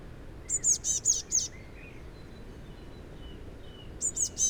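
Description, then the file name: Eurasian blue tit: one burst of five high, thin arched notes, then a quiet gap with faint chirps, and the start of another burst at the end. "Cyanistes caeruleus"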